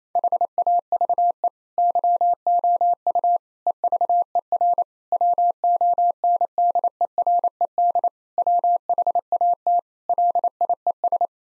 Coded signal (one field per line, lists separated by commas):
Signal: Morse code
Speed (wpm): 27 wpm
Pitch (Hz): 700 Hz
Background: none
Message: HAVE YOU EVER WONDERED WHAT LIES